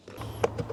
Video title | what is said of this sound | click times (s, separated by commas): Genesis G70 - Throttle Response Controller - Shiftpower | okay there it is all right there it is you want to hear that click | 0.4 s